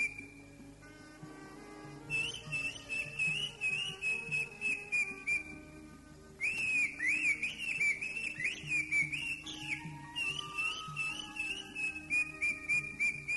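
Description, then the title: Greater green leafbird song: high whistled phrases with rapid warbling and quick up-and-down slurs, broken by brief pauses, over a steady low background hum. "Burung Cucak Ijo"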